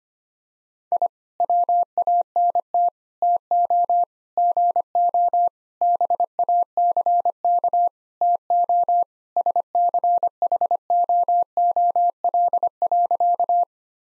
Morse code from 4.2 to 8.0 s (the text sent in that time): GO BACK